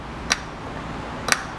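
A torque wrench with a 6 mm Allen bit, set to 7 Nm, tightens the front axle of a bicycle. The axle is engraved with that torque value. Two sharp, brief clicks sound at 0.3 s and 1.3 s over a low, steady background, confirming the wrench has reached 7 Nm.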